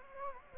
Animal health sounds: mosquito wingbeat signal from an infrared sensor; Anopheles gambiae

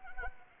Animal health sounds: mosquito wingbeat signal from an infrared sensor; Anopheles arabiensis

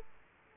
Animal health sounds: mosquito wingbeat signal from an infrared sensor; Aedes aegypti

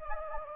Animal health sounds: mosquito wingbeat signal from an infrared sensor; Anopheles gambiae

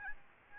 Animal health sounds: mosquito wingbeat signal from an infrared sensor; Aedes albopictus

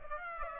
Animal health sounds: mosquito wingbeat signal from an infrared sensor; Aedes aegypti

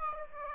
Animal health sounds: mosquito wingbeat signal from an infrared sensor; Aedes aegypti

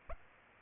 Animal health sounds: mosquito wingbeat signal from an infrared sensor; Aedes aegypti

